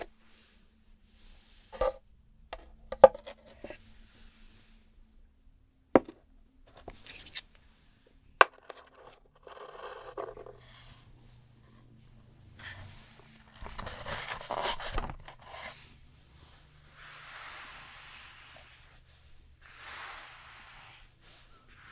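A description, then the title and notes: Hot stones clack together during a spa treatment: sharp knocks land every second or two for the first eight seconds. After that come soft rubbing and swishing strokes, with a low steady hum underneath. ASMR The BEST Stone SPA Treatment Spa Therapist Pampering You (Layered sounds & No Talking).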